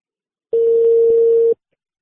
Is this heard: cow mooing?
no